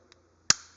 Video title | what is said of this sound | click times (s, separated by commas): Locking flex-head,with reverse lever,will it work on the 3/8 drive NANO sockets,6 months of use,wow! | yeah that one clicked in pretty good | 0.5 s